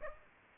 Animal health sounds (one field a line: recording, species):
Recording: mosquito wingbeat signal from an infrared sensor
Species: Aedes aegypti